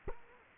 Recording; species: mosquito wingbeat signal from an infrared sensor; Culex quinquefasciatus